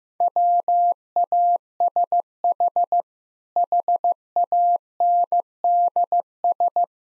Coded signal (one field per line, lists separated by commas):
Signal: Morse code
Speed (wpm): 16 wpm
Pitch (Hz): 700 Hz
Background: none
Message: WASH HANDS